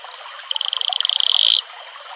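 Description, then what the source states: Atelopus franciscus advertisement call: a single high pulsed trill lasting about one second, the pulses speeding up and growing louder until it stops abruptly. Male advertisement call.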